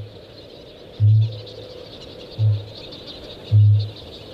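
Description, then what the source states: Kākāpō booming: three deep, resonant low booms, each under half a second, spaced about one to one and a half seconds apart, over a soft hiss of background. Flightless New Zealand parrot; males gather at a lek, sit in dug bowls, inflate themselves and boom from dusk till dawn to attract females; booming travels far, like a heartbeat of the land.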